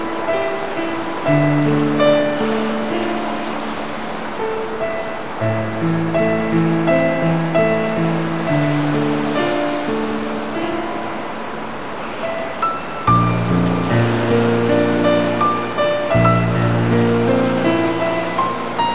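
Sea sounds form a steady, dense wash beneath sustained musical chords. Low bass notes and held tones shift every second or two, with a clear change in the chords around 13 seconds and again near 16 seconds. The loudness stays fairly even throughout.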